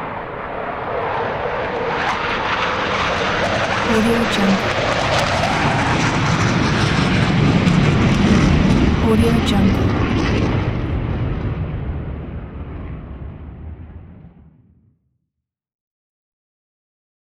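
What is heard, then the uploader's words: A jet airplane passes overhead, its dense roar swelling over the first eight seconds and peaking around eight to ten seconds. The deep rumble and hissing whine then fade steadily, dropping away to silence by about fifteen seconds. Airplane Jet Pass Overhead Sound Effect.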